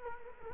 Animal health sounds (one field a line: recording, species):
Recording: mosquito wingbeat signal from an infrared sensor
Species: Culex quinquefasciatus